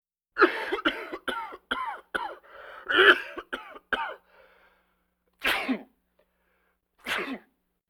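A rapid run of about nine short, harsh coughs over four seconds, followed after a pause by two single, separate coughs. This is plain repeated coughing from an adult.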